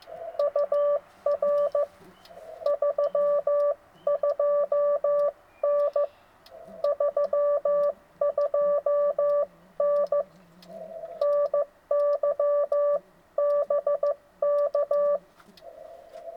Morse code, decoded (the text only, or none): UR 32N 32N NY BK